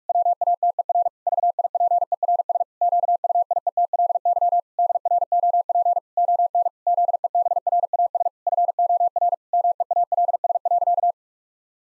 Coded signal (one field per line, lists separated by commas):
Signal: Morse code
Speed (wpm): 41 wpm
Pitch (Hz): 700 Hz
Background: none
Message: WATER VIPERS QUIETLY DROP ON ZEBRAS FOR MEALS.